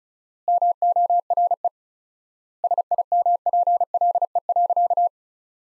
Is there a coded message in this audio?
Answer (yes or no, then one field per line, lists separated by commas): yes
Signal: Morse code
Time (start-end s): 0.5-5.1 s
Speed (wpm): 36 wpm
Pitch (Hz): 700 Hz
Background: none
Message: MORE SIMPLE.